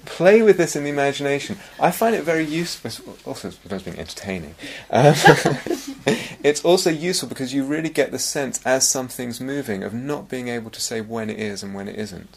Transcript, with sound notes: Play with this in the imagination. I find it very useful, as well as being entertaining... [laughter] It's also useful because you really get the sense, as something's moving, of not being able to say when it is and when it isn't.